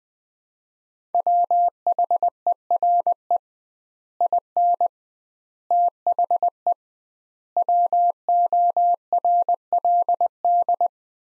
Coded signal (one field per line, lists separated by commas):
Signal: Morse code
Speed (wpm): 20 wpm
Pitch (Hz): 700 Hz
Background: none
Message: WHERE IN THE WORLD